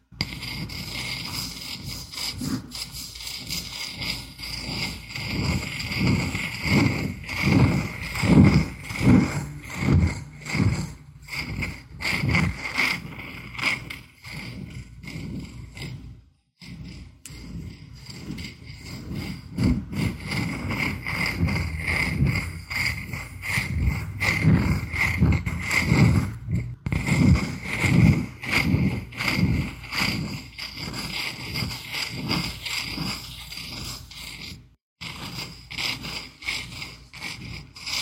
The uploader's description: Candle cap scratching